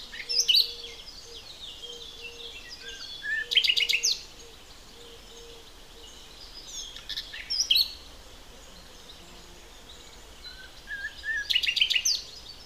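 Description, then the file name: Common nightingale singing four bursts of song, several ending in a fast clicking rattle, separated by long pauses, with a faint low repeated tone underneath. "Luscinia megarhynchos"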